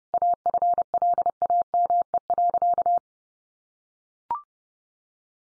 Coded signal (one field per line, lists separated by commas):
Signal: Morse code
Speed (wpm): 30 wpm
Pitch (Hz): 700 Hz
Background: none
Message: AFLAME.